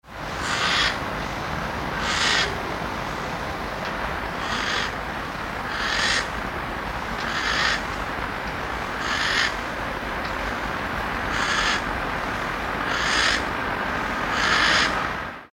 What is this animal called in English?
Western Barn Owl